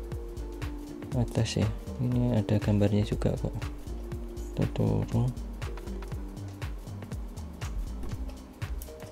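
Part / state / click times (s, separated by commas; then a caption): micro SD card into IP camera card slot / seated / 8.8 s. A micro SD card, contacts facing up, is pushed into the spring-loaded card slot of an EZVIZ C6N 4MP IP camera while someone talks over background music. The card clicks into place at 8.8 s and seats. It is then detected but not yet formatted.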